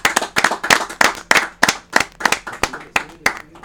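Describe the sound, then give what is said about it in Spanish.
A small studio group claps together in a steady, even rhythm to send someone off, about a dozen sharp, crisp claps in under four seconds, loud and alone with no talking. “Y diario despedimos a alguien con un dándole energía con nuestro aplauso.”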